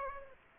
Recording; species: mosquito wingbeat signal from an infrared sensor; Aedes aegypti